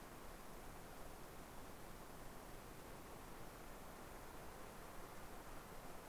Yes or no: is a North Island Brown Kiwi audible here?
no